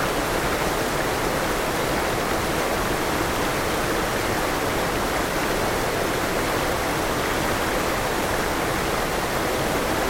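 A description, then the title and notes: A forest waterfall pours in a steady, dense rush that never lets up over the ten seconds. The sound is full and hissing, strongest through the middle and upper range with a softer low rumble beneath, even throughout. Calming Forest Waterfall White Noise.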